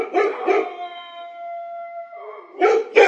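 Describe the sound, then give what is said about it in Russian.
A pack of huge, well-fed stray dogs on the opposite side of a quarry: a pair of rough barks, then a long, steady howl that slowly drops in pitch, followed by two more loud barks, with no talking. “Раздалось с противоположной стороны карьера. Сфокусировав взгляд, я увидел стаю бродячих собак.”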